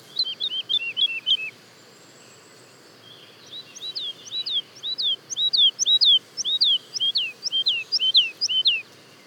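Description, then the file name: Woodlark with a short burst of rapid looping notes, a pause, then a longer, slower series of clear, slurred whistles. Daytime song and duet recorded at Le Puech, France. "alouette lulu chant de jour et duett Le Puech F"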